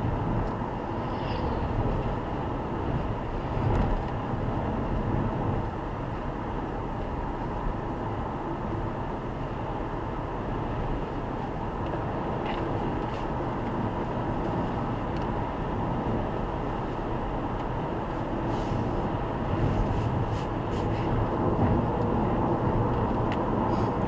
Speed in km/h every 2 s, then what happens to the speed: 95, 95, 95, 96, 97, 96, 97, 98, 98, 98, 99, 100.
0-24 steady at about 97.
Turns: none.